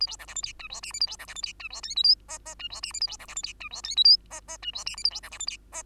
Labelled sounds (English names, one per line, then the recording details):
Bengalese Finch song
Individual Bird2